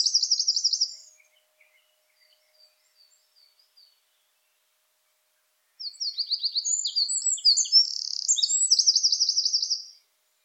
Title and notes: Eurasian wren. Крапивник by deepsweet